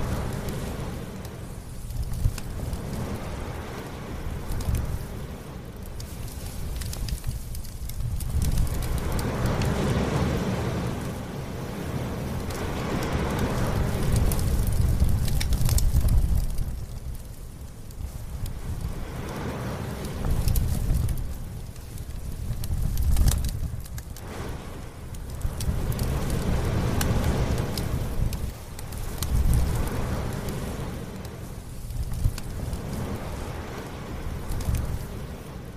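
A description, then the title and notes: Fire roars and swirls with strong gusting wind, a deep rumbling roar that swells and eases every few seconds, loudest around the middle and again near 25 seconds. Scattered crackles and sharp pops snap over the dense, low churn throughout. Swirling, Burning,, Blowing, Crackling fire. Swirling Fire and Winds. Focusrite Scarlett CM25, Focusrite Scarlett 2i2 Audio interface.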